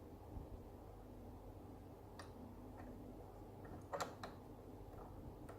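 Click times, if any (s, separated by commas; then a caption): none. A metal bobbin case is handled at the hook mechanism of a Bernina sewing machine, before being pushed into the hook assembly. Faint ticks sound at about 2.2 s, a louder cluster of light metallic taps at about 3.9–4.2 s, and a soft tick near 5.5 s over a low steady hum. Nothing has seated or clicked in yet.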